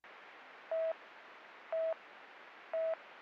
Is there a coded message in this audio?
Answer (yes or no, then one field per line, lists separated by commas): no